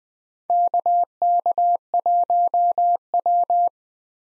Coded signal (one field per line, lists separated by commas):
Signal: Morse code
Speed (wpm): 21 wpm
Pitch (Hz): 700 Hz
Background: none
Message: KK1W